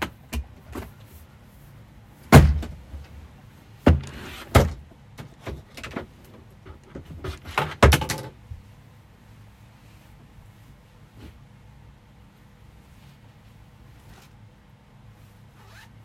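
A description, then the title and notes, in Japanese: Furniture is being moved, a desk and sofa shifted into new positions. Sharp knocks and bumps come often in the first eight seconds, the loudest near 2.5 and 4 seconds, with scraping in between. Afterward only a low hum and an occasional faint tap remain. 掃除と片付け。机とソファの位置を変える。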